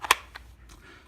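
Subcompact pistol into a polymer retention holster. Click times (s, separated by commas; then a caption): 0.1 s. An M&P Shield 9mm subcompact pistol is pushed into a rigid, thick polymer Bravo Concealment DOS retention holster with adjustable retention. A faint tick comes first, then a sharp, bright snap at 0.1 s, followed by a softer click at about 0.4 s. The pistol locks in and sits seated with no wobble or rocking.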